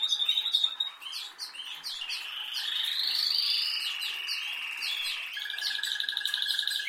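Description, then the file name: Canary singing a quick high trill, then a long smooth rolling tour, ending in a rapid buzzy trill over a steady lower whistle. "Canary Voice"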